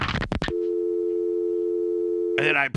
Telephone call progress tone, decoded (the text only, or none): dial tone